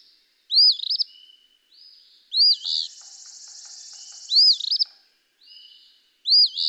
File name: Eastern Phoebe